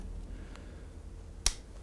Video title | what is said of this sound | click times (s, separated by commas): REVIEW: Umarex Tornado - CO2 Revolver | push it in and it will click into place | 1.5 s